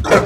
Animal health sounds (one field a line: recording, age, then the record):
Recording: pig call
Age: growing-finishing pig (85 days or more)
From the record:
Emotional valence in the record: positive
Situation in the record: run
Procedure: transit